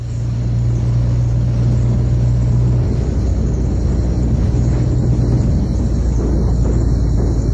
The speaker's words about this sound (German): Die Reporterin Linda Lovely fährt ihren Wüsten-LKW so schnell, als wolle sie eine Wüstenrallye gewinnen.